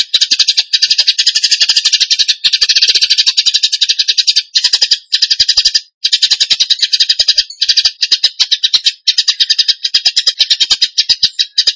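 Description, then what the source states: Bird delivering a harsh, rattling, high-pitched stream of rapid chattering notes in long bursts separated by short pauses. Song in the 'tembakan gacor' style, used to train cage birds.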